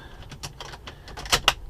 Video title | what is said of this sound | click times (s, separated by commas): How to Remove a 4runner Center Console/ Bezel + Update on broken clock | just like so pops right in | 1.5 s